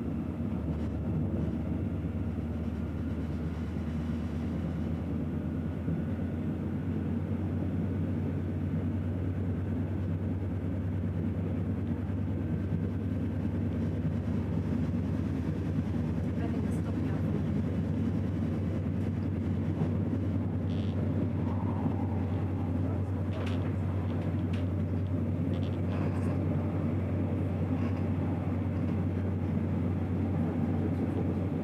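An S-Bahn train rolls along with a steady, low rumble and a constant deep hum that hold level for the whole half minute. A faint, fast rhythmic clatter runs underneath, with a few brief higher squeaks and clicks past the midpoint.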